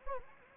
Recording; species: mosquito wingbeat signal from an infrared sensor; Anopheles gambiae